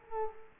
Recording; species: mosquito wingbeat signal from an infrared sensor; Culex quinquefasciatus